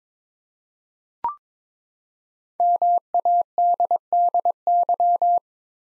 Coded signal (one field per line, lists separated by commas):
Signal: Morse code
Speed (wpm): 22 wpm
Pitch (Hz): 700 Hz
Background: none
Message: MADDY